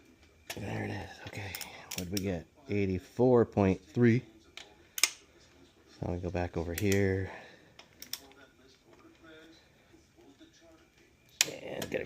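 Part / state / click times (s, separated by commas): torque wrench on main bearing cap bolt of tractor engine / torque reached / 11.4 s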